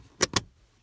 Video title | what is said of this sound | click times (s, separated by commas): How to Change Cabin Filter Toyota Sienna | all those clips will snap into place | 0.2 s, 0.4 s